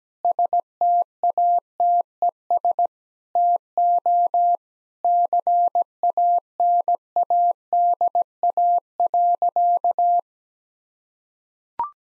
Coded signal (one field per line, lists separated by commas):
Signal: Morse code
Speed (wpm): 17 wpm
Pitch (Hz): 700 Hz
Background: none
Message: STATES TO CANADA.